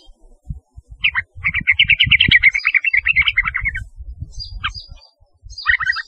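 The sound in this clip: Yellow-vented bulbul singing a fast run of liquid, gurgling notes, then brief sharp chirps, with soft low knocking underneath.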